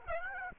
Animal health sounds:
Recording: mosquito wingbeat signal from an infrared sensor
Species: Aedes aegypti

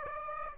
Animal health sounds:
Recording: mosquito wingbeat signal from an infrared sensor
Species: Aedes aegypti

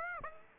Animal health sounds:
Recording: mosquito wingbeat signal from an infrared sensor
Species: Aedes aegypti

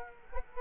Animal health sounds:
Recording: mosquito wingbeat signal from an infrared sensor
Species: Culex quinquefasciatus

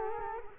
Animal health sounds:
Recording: mosquito wingbeat signal from an infrared sensor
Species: Culex quinquefasciatus

